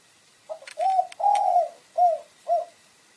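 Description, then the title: Pigeon cooing: a soft low coo followed by two long hooting notes and two shorter coos, all at an even pitch. "Canto Da Pomba"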